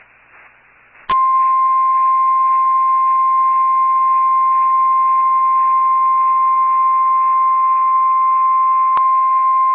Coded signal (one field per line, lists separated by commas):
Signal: Emergency Alert System (SAME) tones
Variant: 1050 Hz attention tone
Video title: NOAA Weather Radio - Severe Thunderstorm Warning [EAS #111] (3/29/22)